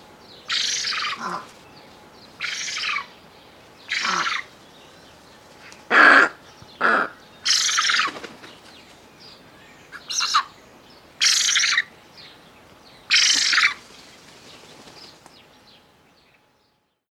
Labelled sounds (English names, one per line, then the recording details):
Eurasian Spoonbill
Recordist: Tembrock, Günter
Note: Rufe